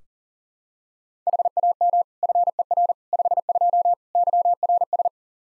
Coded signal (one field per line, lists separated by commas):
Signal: Morse code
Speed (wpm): 37 wpm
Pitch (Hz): 700 Hz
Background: none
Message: HAM FER 52 YRS